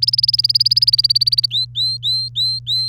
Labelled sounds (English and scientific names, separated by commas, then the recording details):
Domestic Canary (Serinus canaria) song
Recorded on 3 May 2018 at 07:10
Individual llb3